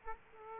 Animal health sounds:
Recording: mosquito wingbeat signal from an infrared sensor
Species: Aedes aegypti

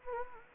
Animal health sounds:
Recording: mosquito wingbeat signal from an infrared sensor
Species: Anopheles gambiae

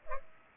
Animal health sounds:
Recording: mosquito wingbeat signal from an infrared sensor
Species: Culex pipiens

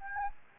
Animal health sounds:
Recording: mosquito wingbeat signal from an infrared sensor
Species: Anopheles gambiae

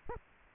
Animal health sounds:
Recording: mosquito wingbeat signal from an infrared sensor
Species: Aedes aegypti

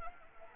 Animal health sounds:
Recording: mosquito wingbeat signal from an infrared sensor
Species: Anopheles arabiensis

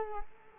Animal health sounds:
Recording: mosquito wingbeat signal from an infrared sensor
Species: Culex quinquefasciatus

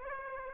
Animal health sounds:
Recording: mosquito wingbeat signal from an infrared sensor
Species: Aedes aegypti

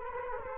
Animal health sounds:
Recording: mosquito wingbeat signal from an infrared sensor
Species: Culex quinquefasciatus

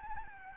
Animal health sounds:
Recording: mosquito wingbeat signal from an infrared sensor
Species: Aedes albopictus

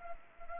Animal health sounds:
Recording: mosquito wingbeat signal from an infrared sensor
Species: Anopheles gambiae

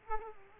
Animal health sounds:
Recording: mosquito wingbeat signal from an infrared sensor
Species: Culex quinquefasciatus

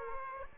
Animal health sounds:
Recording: mosquito wingbeat signal from an infrared sensor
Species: Aedes aegypti

